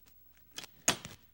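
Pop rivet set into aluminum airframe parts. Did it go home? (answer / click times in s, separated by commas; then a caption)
yes / 0.9 s. A hand riveter pulls a blind pop rivet through drilled aluminum structure on a Van's RV-8 airframe, with a couple of soft squeeze clicks around 0.6 s. A sharp, loud snap at 0.9 s marks the mandrel breaking off as the rivet sets, followed by a quieter clack at about 1.1 s.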